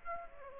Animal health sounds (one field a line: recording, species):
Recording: mosquito wingbeat signal from an infrared sensor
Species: Aedes aegypti